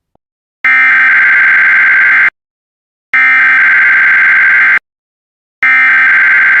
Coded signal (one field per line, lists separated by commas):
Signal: Emergency Alert System (SAME) tones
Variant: header bursts